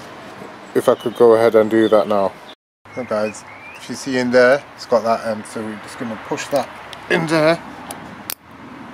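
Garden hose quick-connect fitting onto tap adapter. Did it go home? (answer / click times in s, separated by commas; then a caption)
yes / 8.3 s. Someone talks while pushing the plastic quick-connect fitting of an expandable garden hose onto a tap adapter. A sharp click at 8.3 seconds marks the fitting latching, showing it is seated on the adapter.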